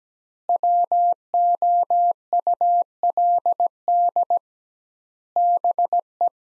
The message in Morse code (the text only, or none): WOULD BE